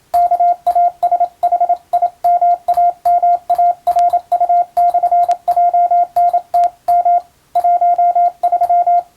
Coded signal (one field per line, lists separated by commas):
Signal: Morse code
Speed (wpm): 27 wpm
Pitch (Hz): 700 Hz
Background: radio noise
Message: KASHIMAMARU/JNTM 13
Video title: 昭和には無線通信士を養成する学校が多数ありました。こんな練習が毎日授業の中にありました。今でも国家試験があり、モールスの実技試験があります。ＣＷの受信練習に！ morse code practice